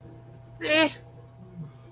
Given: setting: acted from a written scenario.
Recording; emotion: vocal sound without words; neutral